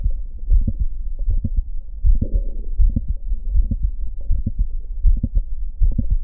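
Adult heart heard by stethoscope, with two systolic clicks in each beat from mitral valve prolapse. The clicks are likely because several segments of the mitral valve leaflets prolapse, each segment producing its own click.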